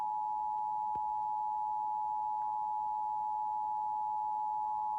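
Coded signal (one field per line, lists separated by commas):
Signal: Emergency Alert System (SAME) tones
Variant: 853 and 960 Hz attention tone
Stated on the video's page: National EAS Test audio aired on a Chicago CBS television affiliate, abruptly cut off twice.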